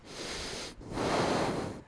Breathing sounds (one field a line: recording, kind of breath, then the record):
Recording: one breath in and out by a microphone near the nose and mouth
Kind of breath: deep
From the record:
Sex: male